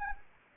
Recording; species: mosquito wingbeat signal from an infrared sensor; Anopheles arabiensis